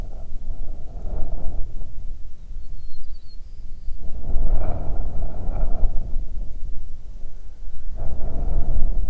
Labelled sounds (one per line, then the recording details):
songbird
wind
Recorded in the Prudhoe Bay oil fields, Alaska, on 9 June 2019 at 16:23
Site 21